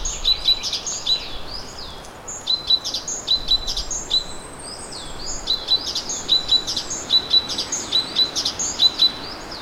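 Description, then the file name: Great tit giving rapid clusters of thin high chirps and short flat whistles, repeated in bursts, with steady background hiss. "Parus major"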